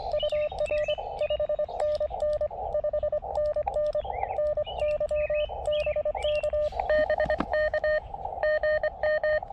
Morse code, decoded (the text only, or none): UR 5NN 5NN NY BK BK GM